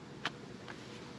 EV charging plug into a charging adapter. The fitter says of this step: sure it's in all the way. It makes a click.